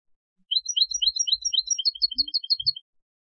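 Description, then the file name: European goldfinch giving a fast run of high, liquid twittering chirps lasting about two seconds. "Carduelis carduelis"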